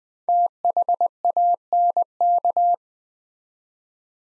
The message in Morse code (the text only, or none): THANK